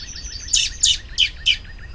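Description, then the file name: Common blackbird uttering four sharp, rasping chack calls about a third of a second apart over a faint, steady high-pitched chirping from another bird. "Turdus merula"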